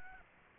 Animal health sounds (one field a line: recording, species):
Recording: mosquito wingbeat signal from an infrared sensor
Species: Aedes aegypti